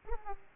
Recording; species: mosquito wingbeat signal from an infrared sensor; Aedes aegypti